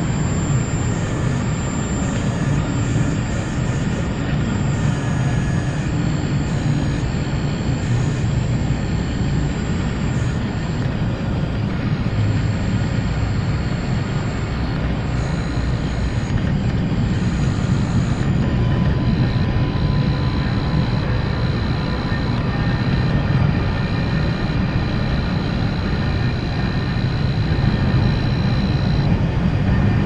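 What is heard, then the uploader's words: A household appliance runs without a break, giving off a steady, heavy low rumble that barely changes over the half minute. Faint thin tones and a high whine sit above it, shifting slightly partway through, but there are no distinct separate events. Household appliances recorded with a Soma Ether.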